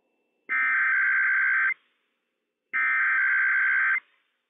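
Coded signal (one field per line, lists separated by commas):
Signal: Emergency Alert System (SAME) tones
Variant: header bursts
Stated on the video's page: Required Weekly Test from IPAWS on NOAA Weather Radio transmitter WWF56, issued by civil authorities for all of CA, NV, OR and WA.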